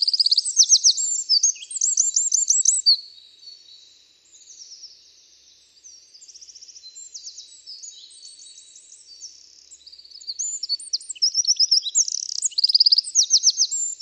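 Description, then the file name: Eurasian wren singing a loud, high-pitched tumble of rapid trills and rattles for about three seconds, a quieter lull of softer trilled notes, then another burst of fast ringing trills from ten seconds on. "Troglodytes troglodytes"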